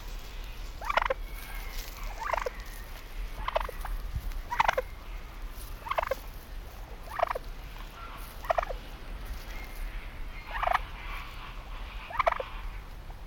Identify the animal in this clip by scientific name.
Meleagris gallopavo